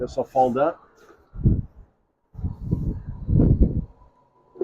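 Someone talks briefly, then folding roof support arms on a VannGo VIP High Rise Construction Flushing portable restroom frame are handled with low knocks and rattling. The arms are being folded up to lock, but nothing has seated or clicked yet before the clip ends.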